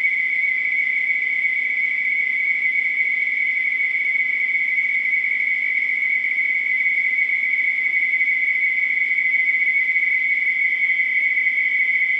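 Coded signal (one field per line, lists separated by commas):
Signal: NAVTEX (SITOR-B)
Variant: 100 baud SITOR-B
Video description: This is a recording of the Navtex startup transmission from Niton on the Isle of Wight. Received frequency is 518KHz.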